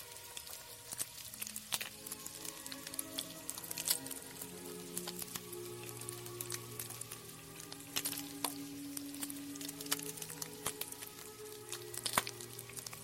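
Kitchen cooking ambience with soft old-time music playing underneath, its sustained low notes and melody shifting steadily throughout. Frequent sharp clicks, taps and crackles scatter over the top, with louder knocks near 1, 4, 8 and 12 seconds.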